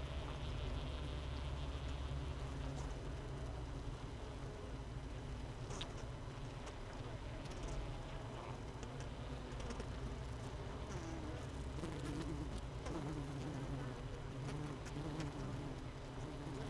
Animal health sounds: honeybee colony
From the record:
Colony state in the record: missing queen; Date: 31 May 2018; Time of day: 16:41

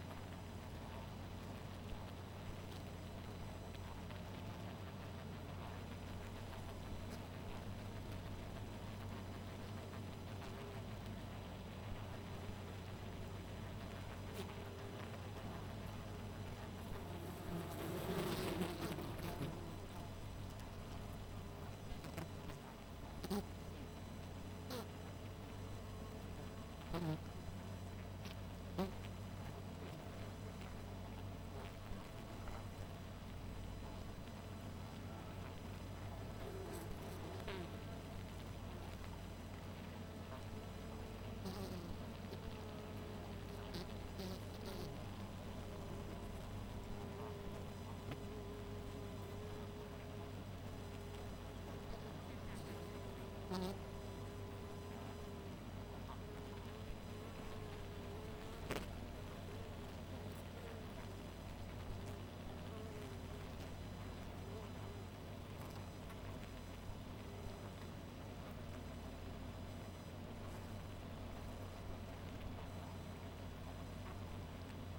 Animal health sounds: honeybee colony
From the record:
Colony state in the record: missing queen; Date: 14 July 2017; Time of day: 1:01

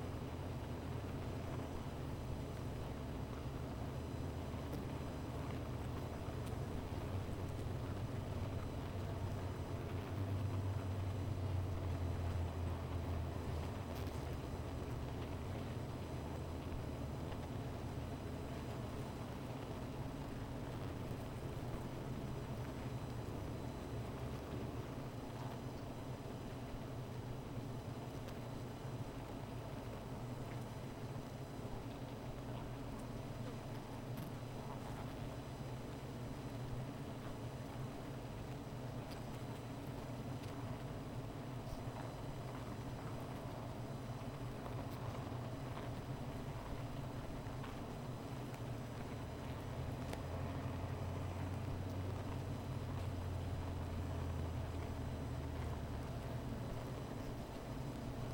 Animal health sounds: honeybee colony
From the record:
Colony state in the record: missing queen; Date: 14 July 2017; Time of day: 16:03

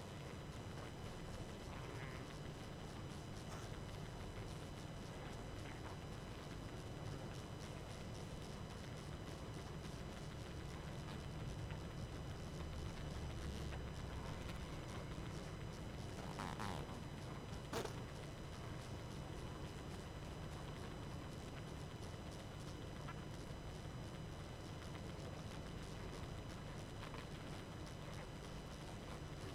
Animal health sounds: honeybee colony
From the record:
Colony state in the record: active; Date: 12 June 2018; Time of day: 22:26

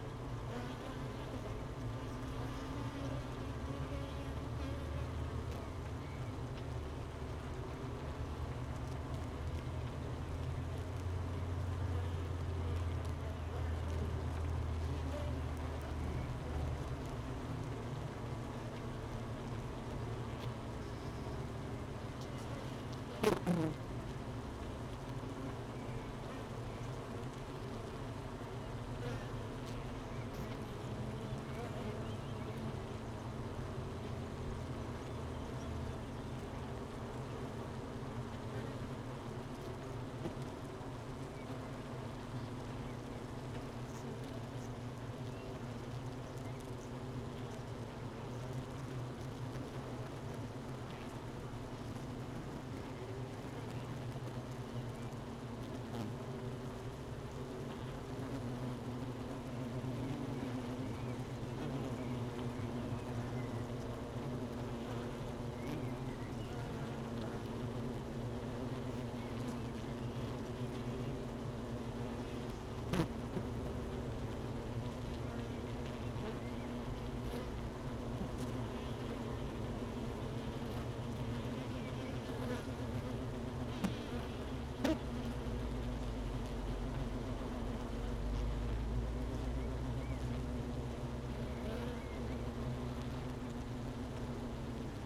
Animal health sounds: honeybee colony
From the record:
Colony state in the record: missing queen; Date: 31 May 2018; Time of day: 12:58

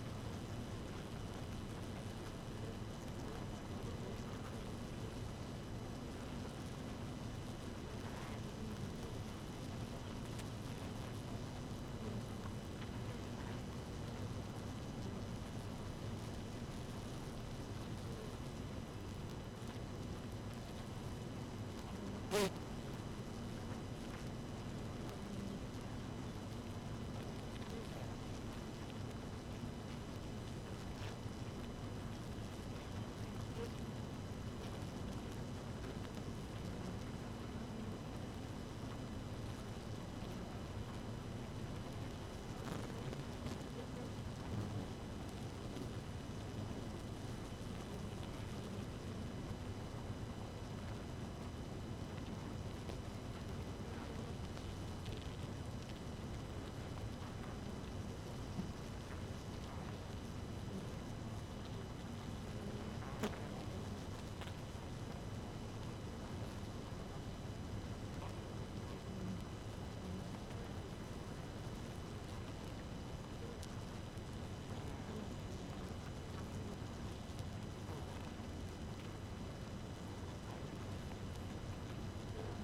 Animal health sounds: honeybee colony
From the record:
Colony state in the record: active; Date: 12 June 2018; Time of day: 5:14

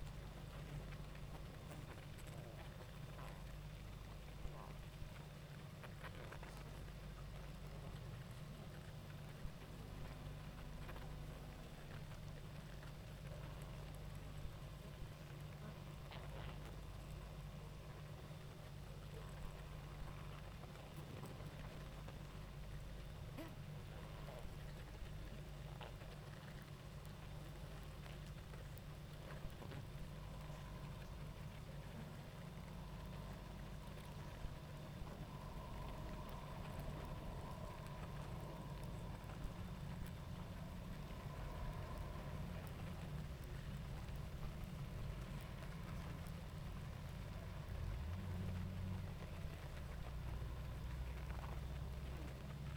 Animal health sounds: honeybee colony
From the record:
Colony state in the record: active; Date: 28 July 2017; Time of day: 19:47

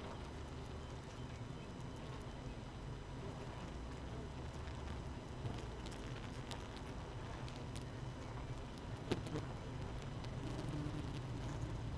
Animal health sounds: honeybee colony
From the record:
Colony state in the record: missing queen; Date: 31 May 2018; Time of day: 5:40

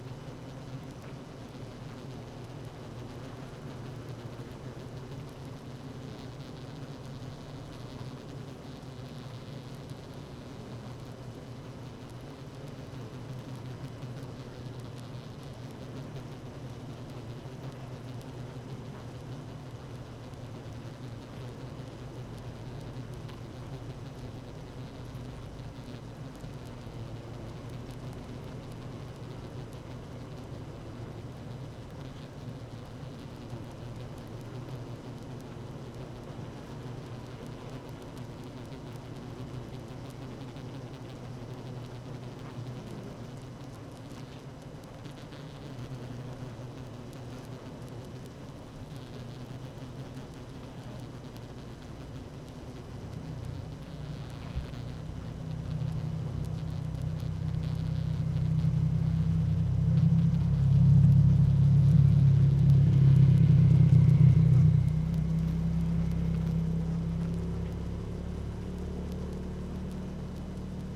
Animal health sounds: honeybee colony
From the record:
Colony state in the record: active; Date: 12 June 2018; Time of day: 16:20

